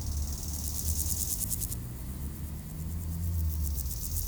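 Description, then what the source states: Grasshopper trilling with fast high pulses throughout, over a low rumble of traffic. Grasshoppers by road D633 at Aveize, France, with cars passing, around five o'clock; recorded with a Sony PCM-M10 in AB microphone position.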